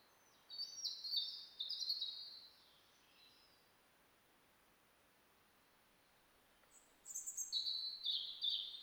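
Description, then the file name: European robin song: a high, tinkling phrase early, a long pause, then another shrill warbling burst near the end; soft hiss throughout. "Erithacus rubecula"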